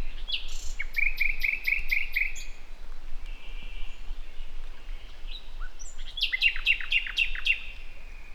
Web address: SETE Luscinia megarhynchos